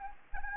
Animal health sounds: mosquito wingbeat signal from an infrared sensor; Anopheles gambiae

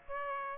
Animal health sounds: mosquito wingbeat signal from an infrared sensor; Aedes aegypti

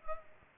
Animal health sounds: mosquito wingbeat signal from an infrared sensor; Culex pipiens

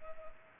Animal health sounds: mosquito wingbeat signal from an infrared sensor; Culex pipiens

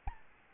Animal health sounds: mosquito wingbeat signal from an infrared sensor; Aedes albopictus

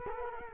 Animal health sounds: mosquito wingbeat signal from an infrared sensor; Culex quinquefasciatus

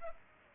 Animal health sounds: mosquito wingbeat signal from an infrared sensor; Culex pipiens

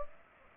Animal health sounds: mosquito wingbeat signal from an infrared sensor; Culex pipiens

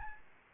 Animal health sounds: mosquito wingbeat signal from an infrared sensor; Aedes albopictus

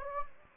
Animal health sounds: mosquito wingbeat signal from an infrared sensor; Anopheles gambiae

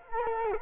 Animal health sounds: mosquito wingbeat signal from an infrared sensor; Culex quinquefasciatus

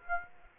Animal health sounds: mosquito wingbeat signal from an infrared sensor; Aedes aegypti

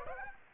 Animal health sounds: mosquito wingbeat signal from an infrared sensor; Aedes aegypti

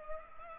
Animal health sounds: mosquito wingbeat signal from an infrared sensor; Culex pipiens

